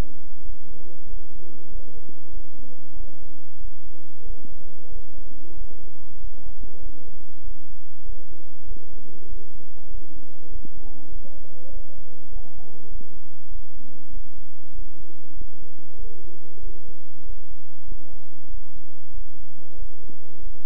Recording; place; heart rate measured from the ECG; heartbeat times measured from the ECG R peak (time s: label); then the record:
heart sounds by stethoscope; between the tricuspid and mitral areas; 96 bpm
0.42 s: heartbeat
1.06 s: heartbeat
1.68 s: heartbeat
2.30 s: heartbeat
2.93 s: heartbeat
3.58 s: heartbeat
4.23 s: heartbeat
4.89 s: heartbeat
5.54 s: heartbeat
6.17 s: heartbeat
6.79 s: heartbeat
7.41 s: heartbeat
8.03 s: heartbeat
8.64 s: heartbeat
9.26 s: heartbeat
9.88 s: heartbeat
10.49 s: heartbeat
11.09 s: heartbeat
11.70 s: heartbeat
12.29 s: heartbeat
12.88 s: heartbeat
13.48 s: heartbeat
14.10 s: heartbeat
14.72 s: heartbeat
15.34 s: heartbeat
15.96 s: heartbeat
16.60 s: heartbeat
17.22 s: heartbeat
17.85 s: heartbeat
18.47 s: heartbeat
19.11 s: heartbeat
19.75 s: heartbeat
20.40 s: heartbeat
From the record:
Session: bicycle stress test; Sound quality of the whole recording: good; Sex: male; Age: 26 years